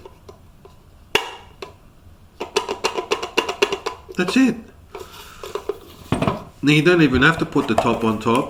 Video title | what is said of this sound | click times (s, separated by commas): Practice blindfolded loading film into Patterson tank. CineStill DF96 Monobath Black White | then you gotta look for listen for the click | 1.2 s